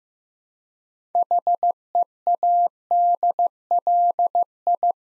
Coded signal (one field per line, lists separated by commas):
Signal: Morse code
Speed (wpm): 15 wpm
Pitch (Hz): 700 Hz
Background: none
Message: HEADLI